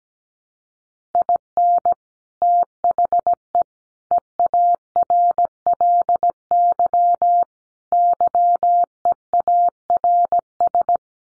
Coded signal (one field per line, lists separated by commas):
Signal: Morse code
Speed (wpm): 17 wpm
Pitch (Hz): 700 Hz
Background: none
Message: IN THE EARLY YEARS